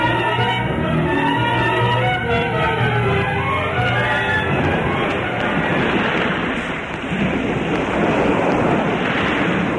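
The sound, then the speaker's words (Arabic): Stormy sea off a headland and howling wind: wavering, whistling wind tones sound over a steady roar at first, then give way to a loud, continuous rush of crashing surf and gusts. “لا شيء البتة، العاصفة قد قلبت البحر لججا عالية، لا أستطيع أن أتبين بين السماء والماء شراعا.”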